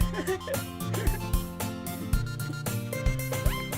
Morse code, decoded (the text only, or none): none